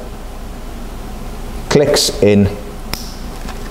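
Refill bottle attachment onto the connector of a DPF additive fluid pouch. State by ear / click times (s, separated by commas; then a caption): seated / 2.9 s. A JLM DPF Refill Fluid bottle's filling attachment is pushed onto the connector of a PSA FAP (DPF regeneration fluid) pouch until it latches. Someone talks from about 1.7 to 2.5 seconds, then a single sharp click is heard at 2.9 seconds as the attachment seats, over a steady low background hum.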